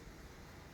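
The metal shackle of a luggage combination lock is being pressed into the lock body, with only a steady low background rumble and no distinct transient. Nothing has seated or clicked yet.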